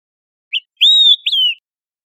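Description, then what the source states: Olive-sided flycatcher giving its three-part whistle: brief upslurred pip, sustained level whistle, then a falling slurred note; nothing else audible. Recorded in Costa Rica.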